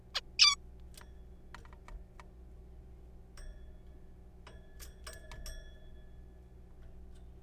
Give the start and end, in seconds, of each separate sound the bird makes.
0.15-0.20, 0.39-0.55